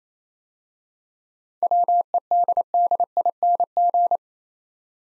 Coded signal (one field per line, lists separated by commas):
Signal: Morse code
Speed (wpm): 28 wpm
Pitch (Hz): 700 Hz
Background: none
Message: WEDDING